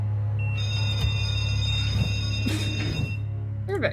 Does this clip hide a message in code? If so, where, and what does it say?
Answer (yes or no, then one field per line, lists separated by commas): no